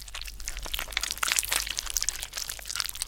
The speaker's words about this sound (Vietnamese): Sau đó, ở bên trong hang động vang lên âm thanh nhai nhút, nghe đến rợn cả người.